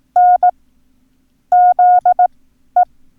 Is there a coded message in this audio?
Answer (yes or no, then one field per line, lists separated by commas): yes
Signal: Morse code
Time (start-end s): 0.2-2.8 s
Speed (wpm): 18 wpm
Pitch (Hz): 720 Hz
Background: none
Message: N ZE